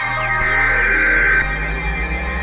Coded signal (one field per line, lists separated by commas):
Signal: Emergency Alert System (SAME) tones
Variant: header bursts